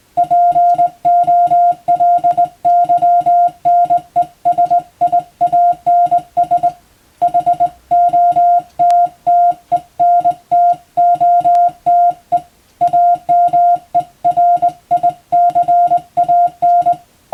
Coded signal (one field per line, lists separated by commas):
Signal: Morse code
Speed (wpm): 20 wpm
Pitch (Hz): 700 Hz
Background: music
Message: POLYNESIANS HOTTENTOTE AMERICAN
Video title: 無線従事者国家試験総合無線通信士電気通信術のトレーニングにＣＷを打ってみました。アマチュア無線ハムの受信練習にもどうぞ(morse code practice for radio operator )